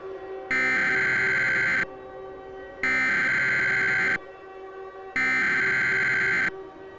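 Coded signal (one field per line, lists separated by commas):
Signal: Emergency Alert System (SAME) tones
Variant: header bursts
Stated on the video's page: Fictional EAS scenario alert about an endless eclipse.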